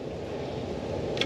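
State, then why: Not seated. A safety clip is pushed back onto the lever of a Fumoto oil drain valve under a Nissan Rogue during an engine oil change. A steady low rumble runs throughout, with a brief sharp tick near 1.2 seconds. Nothing has seated or clicked into place yet.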